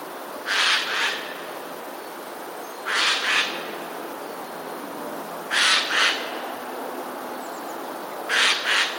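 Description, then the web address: Eurasian jay alarm: grating double screeches repeated roughly every two and a half seconds, four bursts in all, against low steady background noise. Alarm call; recorded 12 January 2020. "wroblowe ostrzegator sojka"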